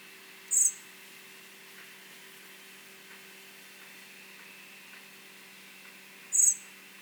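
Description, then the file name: Common blackbird giving two short, high-pitched seee notes roughly six seconds apart, with a steady low hum underneath. "Turdus merula"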